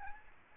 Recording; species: mosquito wingbeat signal from an infrared sensor; Aedes albopictus